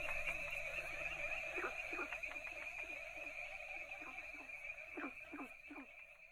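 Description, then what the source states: Frog chorus of rapid soft knocking notes over a steady high drone, with a few louder rasping croaks, mostly in the later seconds. A variety of Asian frog species calling together.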